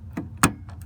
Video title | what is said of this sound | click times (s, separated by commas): How To Replace Headlight Bulb of 2013-2017 Honda Accord | and you should hear a click sound. Awesome. | 0.4 s